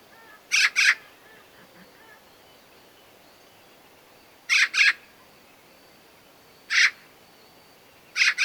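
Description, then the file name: Eurasian magpie with dry, grating chatter notes: two doubled calls, then a single note and another pair, spaced a few seconds apart. "Pica pica"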